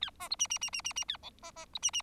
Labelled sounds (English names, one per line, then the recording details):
Bengalese Finch song
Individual Bird4